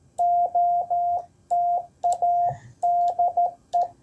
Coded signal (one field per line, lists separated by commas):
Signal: Morse code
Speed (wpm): 13 wpm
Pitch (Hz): 700 Hz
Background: none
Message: OTA DE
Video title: A Redeeming CW POTA Activation at Mounds State Park!